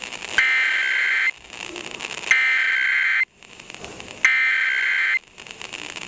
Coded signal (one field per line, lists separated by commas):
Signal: Emergency Alert System (SAME) tones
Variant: header bursts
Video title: National EAS test 2018 EAS#98